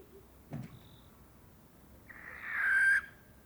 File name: Common Barn Owl Courtship flight of pair